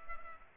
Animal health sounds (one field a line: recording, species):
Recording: mosquito wingbeat signal from an infrared sensor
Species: Culex pipiens